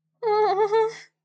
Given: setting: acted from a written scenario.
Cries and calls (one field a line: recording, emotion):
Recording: vocal sound without words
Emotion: fear